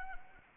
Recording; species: mosquito wingbeat signal from an infrared sensor; Anopheles arabiensis